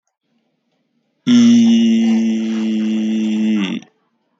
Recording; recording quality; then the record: sustained vowel as in beet; excellent, no background noise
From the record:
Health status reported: healthy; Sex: male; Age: 25 years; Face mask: not worn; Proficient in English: yes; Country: India